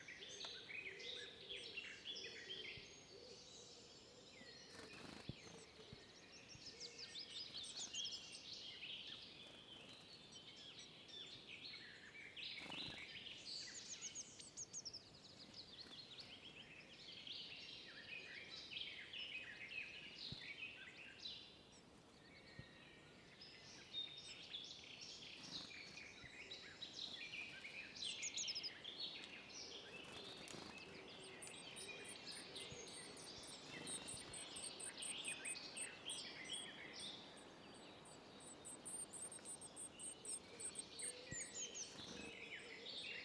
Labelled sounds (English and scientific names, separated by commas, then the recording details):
Eurasian Blue Tit (Cyanistes caeruleus) begging call
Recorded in the wild
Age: pullus
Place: Teerofenbrücke, Nationalpark Unteres Odertal, Brandenburg, DE
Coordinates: 53.1322, 14.3536
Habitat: wood
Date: 2021-05-15 09:14
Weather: clear, weak wind
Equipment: Sound Devices 702, Sennheiser MKH 415 T, Rhode Windschutz
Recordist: Frommolt, Karl-Heinz
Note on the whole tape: Gelände der Wildnisschule Teerofenbrücke. Am Nistkasten: Bettellaute von Blaumeisennestlingen und Laute der Altvögel bei der Fütterung. Entfernung 1,5 m